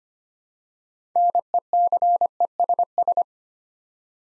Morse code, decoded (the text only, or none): NECESS